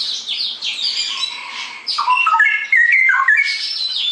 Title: mster Mnuk. Masteran Burung CUCAK ROWO Kualitas Jernih. Cucak Rowo Ropel Gacor